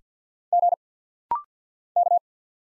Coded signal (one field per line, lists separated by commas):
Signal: Morse code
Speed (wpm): 50 wpm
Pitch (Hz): 700 Hz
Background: none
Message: G K